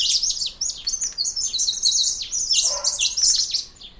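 Honeyeater calls: dense high chattering and squeaky notes running almost continuously, with a short lower warbled phrase in the second half.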